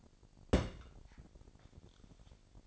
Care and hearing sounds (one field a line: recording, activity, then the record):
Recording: daily activity, microphone in the room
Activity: place on stove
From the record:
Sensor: 5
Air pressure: 1012.1 hPa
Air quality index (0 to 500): 235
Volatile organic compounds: 4 ppm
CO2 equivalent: 1559 ppm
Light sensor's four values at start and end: 50/112/49/54 and 52/116/50/55